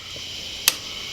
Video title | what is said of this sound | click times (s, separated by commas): ABLE Bike Co. Core: Initial Impressions - Positives/Negatives - Who It's For | here with your, I think it's a 5mm, and we're just going to turn it to the right, and you'll hear a click. Click. | 0.7 s